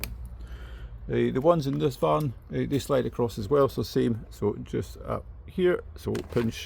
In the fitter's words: Make sure you hear it lock in place with a solid click.